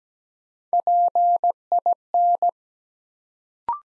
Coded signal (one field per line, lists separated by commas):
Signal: Morse code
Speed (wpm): 17 wpm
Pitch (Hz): 700 Hz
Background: none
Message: PIN